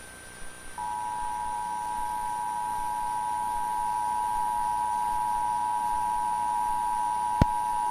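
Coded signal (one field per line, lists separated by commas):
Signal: Emergency Alert System (SAME) tones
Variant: 853 and 960 Hz attention tone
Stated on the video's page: Fictional EAS scenario about endless riots set in 1994; simulated, not a real alert.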